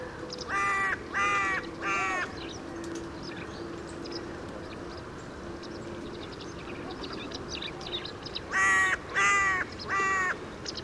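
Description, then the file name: Carrion crow giving harsh caws in two bursts, three rough calls early on and three more near the end, with a low steady hum between. "Corvus corone"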